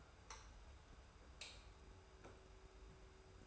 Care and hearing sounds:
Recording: daily activity, microphone in the room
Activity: light on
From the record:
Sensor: 2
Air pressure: 990.9 hPa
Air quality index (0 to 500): 119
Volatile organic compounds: 80 ppm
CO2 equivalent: 3605 ppm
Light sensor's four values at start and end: 25/59/24/24 and 30/77/31/30

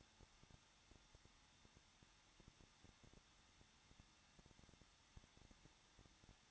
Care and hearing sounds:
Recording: daily activity, microphone in the room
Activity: no activity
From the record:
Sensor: 3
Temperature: 21.2 degrees Celsius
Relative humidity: 36.4%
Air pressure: 1006.3 hPa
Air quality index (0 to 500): 223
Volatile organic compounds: 43 ppm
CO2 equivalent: 3200 ppm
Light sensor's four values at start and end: 2/3/2/2 and 2/3/2/2

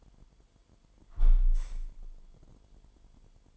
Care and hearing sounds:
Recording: daily activity, microphone in the room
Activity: close window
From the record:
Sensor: 5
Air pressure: 998.7 hPa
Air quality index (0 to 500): 105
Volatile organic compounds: 2 ppm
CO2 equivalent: 1212 ppm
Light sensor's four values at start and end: 102/254/105/119 and 100/250/104/117

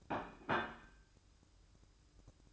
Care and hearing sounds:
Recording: daily activity, microphone in the room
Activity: place plate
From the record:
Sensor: 2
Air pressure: 1007.4 hPa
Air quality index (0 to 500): 44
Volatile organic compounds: 1 ppm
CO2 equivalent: 552 ppm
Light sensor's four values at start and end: 7/17/7/8 and 7/17/7/8

